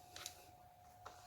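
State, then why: Not seated. A large battery pack is tucked into the notched-out battery tray of an RC monster truck, giving short handling knocks at about 0.2 s, 0.3 s and 1.1 s over a steady background hum. Nothing has seated or locked into place yet.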